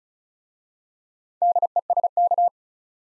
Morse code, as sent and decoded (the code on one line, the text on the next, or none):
-.. . ... -.-
DESK